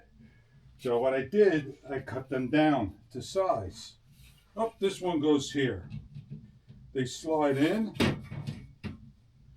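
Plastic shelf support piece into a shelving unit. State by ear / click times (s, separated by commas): seated / 8.8 s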